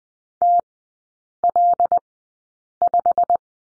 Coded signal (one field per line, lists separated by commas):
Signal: Morse code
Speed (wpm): 20 wpm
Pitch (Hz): 700 Hz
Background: none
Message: TL5